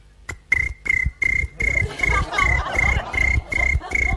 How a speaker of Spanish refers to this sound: Dos de la mañana tenés ese grillo dentro de tu habitación, te quiere matar.